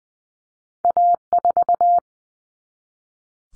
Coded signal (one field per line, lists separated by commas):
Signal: Morse code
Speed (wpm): 20 wpm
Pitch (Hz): 700 Hz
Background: none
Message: A4